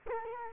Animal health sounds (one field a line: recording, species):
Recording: mosquito wingbeat signal from an infrared sensor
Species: Culex quinquefasciatus